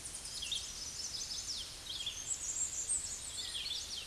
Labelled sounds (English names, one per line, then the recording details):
Red-eyed Vireo song
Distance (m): 30 m
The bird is about 10 m above the microphone
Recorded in a Pennsylvania forest on 16 May 2024 at 08:10
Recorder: AudioMoth, point MSD-0438
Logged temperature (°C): 14.5 °C
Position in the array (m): 114 m, 74 m